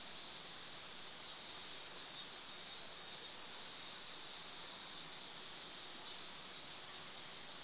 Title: 湯川, 伊東市, 静岡県, 414-0006, 日本 - Summer Stream with Cicadas